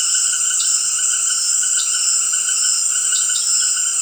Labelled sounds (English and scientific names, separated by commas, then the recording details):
none
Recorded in dense forest near Puerto Asís, Putumayo, Colombia, on 4 March 2025 at 18:30
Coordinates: 0.481, -76.323
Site G088